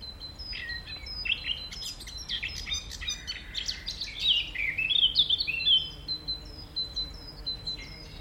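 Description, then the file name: Eurasian blackcap singing a rapid, high warble of chirpy, twittering notes that grows richer and louder midway, then eases into scattered short phrases. "Sylvia atricapilla"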